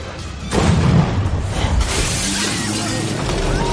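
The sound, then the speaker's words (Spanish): A sudden loud blast breaks a quiet start, followed by chaotic gunshots, werewolf howls and crashing noise from the 2012 film Werewolf: The Beast Among Us, staying dense and harsh for several seconds, with faint low tones wavering underneath. “Y aquí, entre disparos y aullidos, llegamos a nuestra posición número 32 con una cinta de 2012 titulada Werewolf, The Beast Among Us, que se presentó en algunos países como Hombre Lobo, La Bestia Entre Nosotros”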